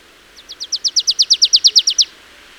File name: Poecile palustris